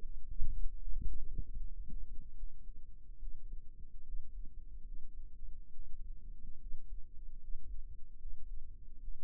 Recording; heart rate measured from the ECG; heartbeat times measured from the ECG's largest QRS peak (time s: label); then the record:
heart sounds by microphone in the right ear; 73 bpm
0.01 s: heartbeat
0.77 s: heartbeat
1.56 s: heartbeat
2.35 s: heartbeat
3.19 s: heartbeat
4.04 s: heartbeat
4.84 s: heartbeat
5.71 s: heartbeat
6.59 s: heartbeat
7.40 s: heartbeat
8.18 s: heartbeat
9.00 s: heartbeat
From the record:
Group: healthy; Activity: rest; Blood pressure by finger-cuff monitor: 112/62 mmHg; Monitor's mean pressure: 79 mmHg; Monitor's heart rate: 73 bpm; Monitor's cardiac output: 7.3 L/min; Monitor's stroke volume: 97 mL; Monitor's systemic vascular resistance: 790 dyn s/cm5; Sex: male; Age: 22 years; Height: 181 cm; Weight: 79 kg